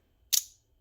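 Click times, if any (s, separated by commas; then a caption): 0.3 s. The hidden gun storage compartment on a repaired plastic Masterpiece Optimus Prime action figure is pushed closed and snaps into place with one sharp, bright plastic click at 0.3 s, its high-pitched burst fading within about a quarter second. The compartment is seated and shut, with only a faint low rumble before and after.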